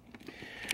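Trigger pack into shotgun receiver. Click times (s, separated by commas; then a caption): 0.7 s. The metal trigger pack of a Browning BPS 10 gauge Invector shotgun is pushed down and forward, with some wiggling, into the receiver, producing faint scraping and light ticks around 0.1 and 0.3 seconds. A sharp, loud click at 0.7 seconds marks the trigger pack locking into the receiver's grooves and stops, fully seated.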